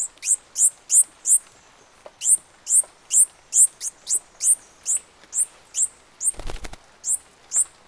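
Bird calls, high piercing downward-sweeping notes repeated at a brisk pace, interrupted near the end by a short burst of crackling noise.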